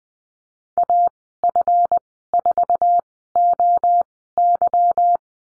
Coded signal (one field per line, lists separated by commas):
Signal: Morse code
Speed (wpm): 20 wpm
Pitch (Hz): 700 Hz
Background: none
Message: AF4OY